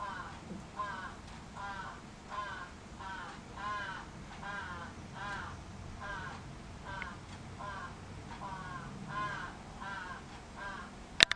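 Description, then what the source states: Crow giving a chain of hoarse caws, ending with two sharp clicks right at the close. Recorded 11 July 2011.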